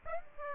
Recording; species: mosquito wingbeat signal from an infrared sensor; Aedes aegypti